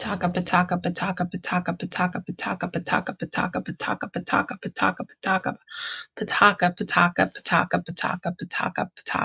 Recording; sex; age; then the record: repeated syllables /pa ta ka/; female; 30 to 39 years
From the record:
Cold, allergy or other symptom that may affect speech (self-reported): no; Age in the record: 32 years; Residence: Indiana, United States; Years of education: 14